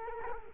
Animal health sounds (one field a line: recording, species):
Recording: mosquito wingbeat signal from an infrared sensor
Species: Culex quinquefasciatus